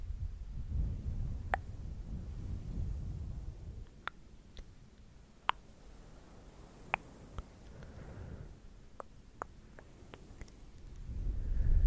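Sharp, bright tongue clicks and mouth sounds pop out irregularly, about a dozen over twelve seconds, above a soft low rumble that swells at the start and end.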